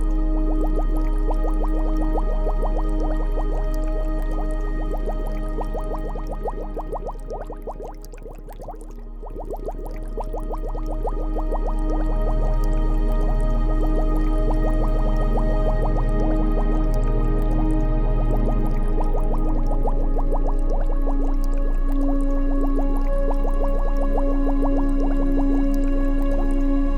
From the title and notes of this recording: Light and Bubbly Ambience (with Music). Water and nature sounds.